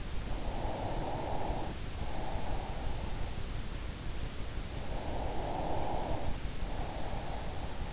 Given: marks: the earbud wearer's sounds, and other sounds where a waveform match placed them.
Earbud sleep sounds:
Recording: sounds in sleep by an in-ear microphone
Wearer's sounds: breath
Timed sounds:
0.18-3.50 s: breath
4.57-7.93 s: breath

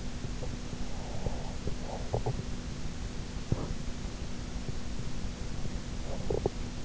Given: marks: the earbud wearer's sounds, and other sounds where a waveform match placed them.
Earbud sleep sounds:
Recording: sounds in sleep by an in-ear microphone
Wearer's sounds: breath, teeth grinding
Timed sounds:
0.22-1.97 s: breath
2.09-2.46 s: teeth grinding
3.45-3.82 s: sound from someone else or the room
6.00-6.63 s: sound from someone else or the room

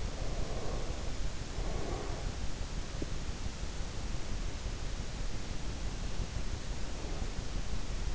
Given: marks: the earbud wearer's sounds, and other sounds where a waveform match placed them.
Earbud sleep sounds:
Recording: sounds in sleep by an in-ear microphone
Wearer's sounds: breath, teeth grinding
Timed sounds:
0.00-2.42 s: breath
2.71-3.49 s: teeth grinding
6.01-8.08 s: breath

